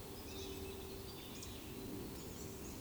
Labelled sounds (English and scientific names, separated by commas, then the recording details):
Eurasian Woodcock (Scolopax rusticola) whistle
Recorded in Baden-Württemberg, Germany, on 28 May 2020 at 19:43 UTC
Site 31917, 145 m above sea level